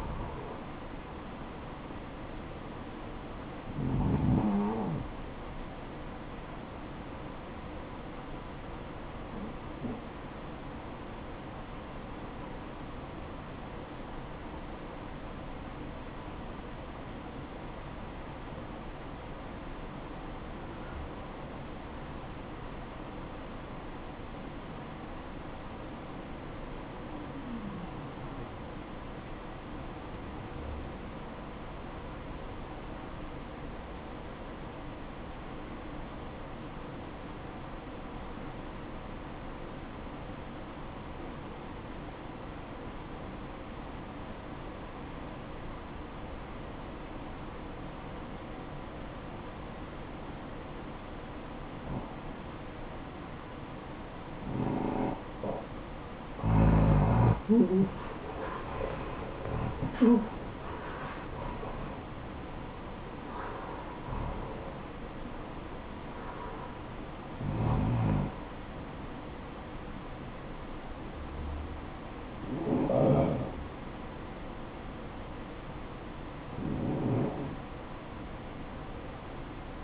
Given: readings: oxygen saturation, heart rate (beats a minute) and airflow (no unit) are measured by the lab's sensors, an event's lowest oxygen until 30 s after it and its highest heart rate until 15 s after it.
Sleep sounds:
breathing in sleep by a voice recorder at the bedside; 1
16.00-56.80 s: obstructive apnea (REM, oxygen 95% highest, then 81% lowest, heart rate 61 at the start, 83 highest)
From the record:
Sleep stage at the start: REM sleep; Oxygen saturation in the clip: 79 to 95%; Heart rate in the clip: 50 to 83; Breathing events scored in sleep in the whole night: 573 in 9.8 hours asleep

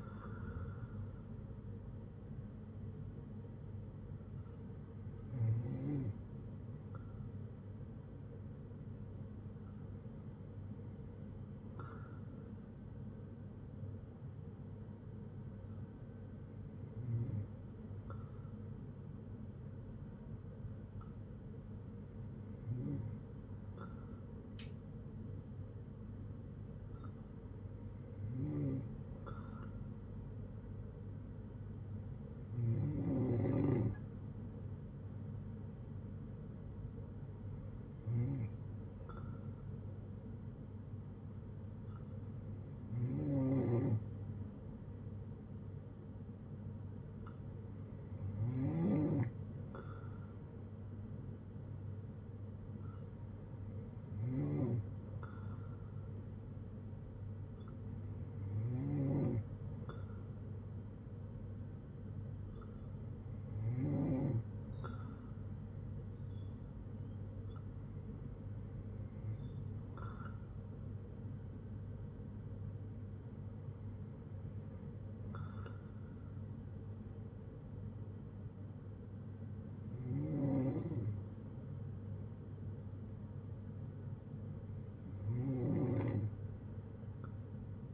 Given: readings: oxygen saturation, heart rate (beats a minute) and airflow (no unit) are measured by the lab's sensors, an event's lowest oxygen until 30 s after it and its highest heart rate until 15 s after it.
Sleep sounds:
breathing in sleep by a smartphone at the bedside; none
49.00-87.94 s: new sleep stage, N3 (deep sleep)
From the record:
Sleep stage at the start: N2 (light sleep); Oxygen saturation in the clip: 94 to 96%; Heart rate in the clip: 58 to 68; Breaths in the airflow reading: 17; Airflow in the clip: -7.1 to 5.2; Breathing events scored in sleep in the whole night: 182 in 7.4 hours asleep

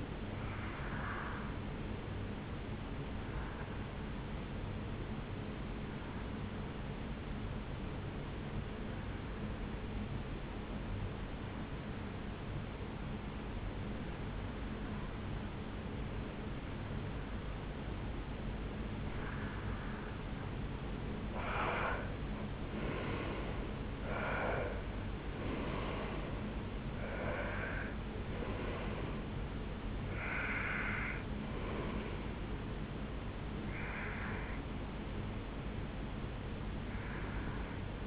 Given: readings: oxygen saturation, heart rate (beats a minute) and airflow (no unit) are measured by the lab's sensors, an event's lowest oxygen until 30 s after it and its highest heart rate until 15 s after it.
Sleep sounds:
breathing in sleep by a voice recorder at the bedside; 1
3.00-20.60 s: hypopnea (N1, oxygen 93% highest, then 89% lowest, heart rate 72 at the start, 74 highest)
From the record:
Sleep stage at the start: N1 (lightest sleep); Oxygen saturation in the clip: 89 to 93%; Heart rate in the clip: 58 to 74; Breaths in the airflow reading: 14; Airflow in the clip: -6.7 to 5.7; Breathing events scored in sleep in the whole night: 449 in 7.0 hours asleep

